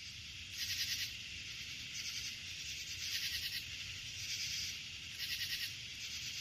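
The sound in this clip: Crickets produce high trilled bursts, each about half a second long, repeated several times over a steady shrill background drone.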